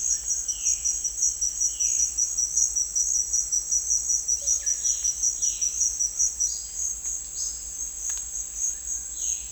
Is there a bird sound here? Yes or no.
yes